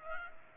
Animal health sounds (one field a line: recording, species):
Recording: mosquito wingbeat signal from an infrared sensor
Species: Culex pipiens